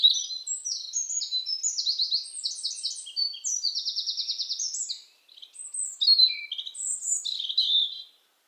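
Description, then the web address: European robin song with high, quick rattling trills and sliding whistles for about five seconds, a short pause, then a second sweet, varied phrase. "SETE data Erithacus rubecula"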